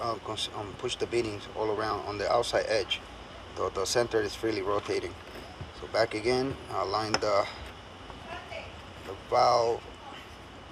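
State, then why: Not seated. Someone talks while handling a wheel hub insert for a pneumatic skateboard wheel from a Verreal RS AT kit; the hub pushes the tire beads out along the outside edge, and its center rotates freely. The hub is lined up with the tire's valve hole before being pushed in, with soft handling sounds under the speech. Nothing has snapped into place yet.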